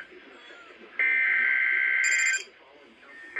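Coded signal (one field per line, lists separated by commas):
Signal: Emergency Alert System (SAME) tones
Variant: header bursts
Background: speech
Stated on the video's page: Real EAS alerts from Hurricane Milton's tornado outbreak in Florida.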